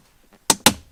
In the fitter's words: hear that click that's the clip coming out on